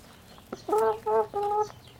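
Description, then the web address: Chicken clucking: a short tick followed by three drawn-out, nasal clucks in quick succession, clear against a quiet background. Clucking of a Highliner Brown breed chicken. "Sound Effects-Foundation 1 BIRD CHICKEN HIGHLINER BROWN CLUCK"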